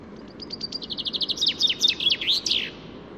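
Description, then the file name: Common chaffinch song: a steady series of bright notes that slides into a louder run and ends in an emphatic flourish. "Fringilla coelebs"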